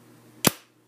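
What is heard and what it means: A Microsoft Surface tablet's Touch Cover keyboard is attached again to the tablet's magnetic connector along its edge, giving one loud, sharp snap at 0.5 s over a low steady hum. The cover is seated perfectly.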